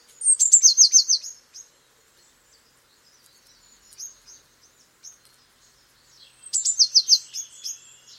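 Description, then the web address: Eurasian blue tit song: two high phrases, each a thin introductory note followed by a fast run of descending ringing notes, with soft high chips between them. "cianscape. Deverinetal"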